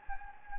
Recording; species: mosquito wingbeat signal from an infrared sensor; Anopheles gambiae